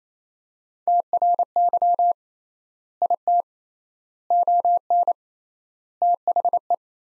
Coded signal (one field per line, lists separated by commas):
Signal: Morse code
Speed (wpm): 27 wpm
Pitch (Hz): 700 Hz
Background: none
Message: TRY IT ON THE